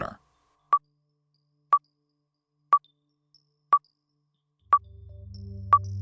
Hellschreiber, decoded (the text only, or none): none